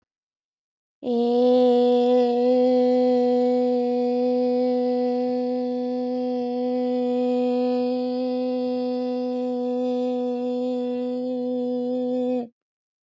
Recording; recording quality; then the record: sustained vowel as in made; excellent, no background noise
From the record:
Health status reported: healthy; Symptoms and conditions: none ticked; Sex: female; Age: 24 years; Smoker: not ticked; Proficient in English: yes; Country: United States